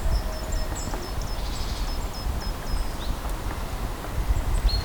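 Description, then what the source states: Birds singing in short high whistled notes, several brief bright phrases scattered throughout over a steady low rumbling background noise. Recorded in a forest.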